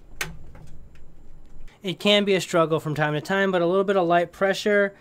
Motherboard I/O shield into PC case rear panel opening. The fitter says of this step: until it locks into place